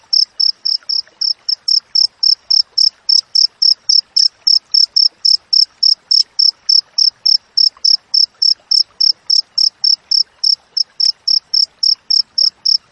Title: Masteran Jangkrik Alam Jernih, Jeda Rapat Cocok Untuk Masteran Burung Dan Mengusir Tikus